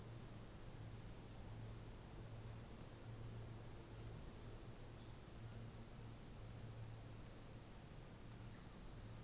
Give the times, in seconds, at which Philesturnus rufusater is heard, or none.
none